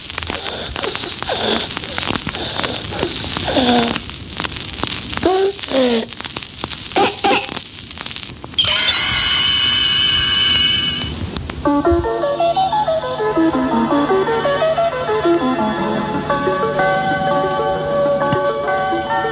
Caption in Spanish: Estridor o difteria. Esta grabación se realizó de un niño que padecía de laringotraqueobronquitis.